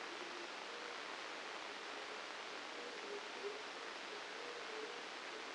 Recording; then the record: brain microelectrode recording played as sound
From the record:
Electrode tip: outside the subthalamic nucleus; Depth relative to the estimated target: 3 mm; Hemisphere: left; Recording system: NeuroSet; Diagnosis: Parkinson's disease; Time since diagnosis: 9 years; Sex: male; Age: 56 years